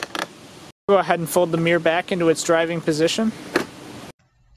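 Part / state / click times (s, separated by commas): tow mirror upper glass into mirror housing / seated / 0.0 s, 0.2 s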